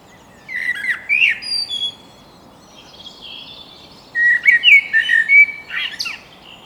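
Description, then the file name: Eurasian blackbird delivering two phrases, each a low mellow fluting warble ending in high, sibilant twitters, separated by a quiet gap with soft background calls. "Turdus merula"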